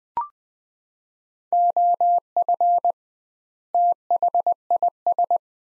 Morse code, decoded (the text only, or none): OF THIS